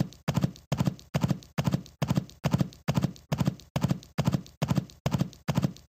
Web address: animals horse horse running